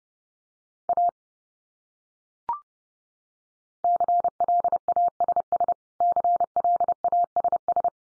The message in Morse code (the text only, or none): A CLASS CLASS